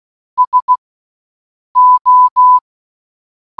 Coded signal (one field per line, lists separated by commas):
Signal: Morse code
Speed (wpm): 16 wpm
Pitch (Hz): 1000 Hz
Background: none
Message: SO